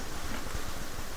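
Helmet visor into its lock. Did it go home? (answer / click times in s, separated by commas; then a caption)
no / none. A helmet visor is being closed fully toward its plastic visor lock, but the clip ends before the lock engages, so nothing has seated or clicked yet. Steady broadband noise fills the clip, with a few soft low-frequency thumps around 0.3, 0.55 and 1.0 seconds.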